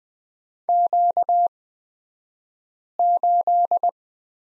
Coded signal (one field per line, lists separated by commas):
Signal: Morse code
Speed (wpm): 20 wpm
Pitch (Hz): 700 Hz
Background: none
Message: Q8